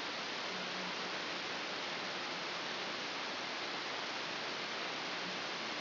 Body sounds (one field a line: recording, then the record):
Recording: brain microelectrode recording played as sound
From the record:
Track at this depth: inside the subthalamic nucleus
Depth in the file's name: 5.314 mm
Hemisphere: left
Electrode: 2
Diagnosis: Parkinson's disease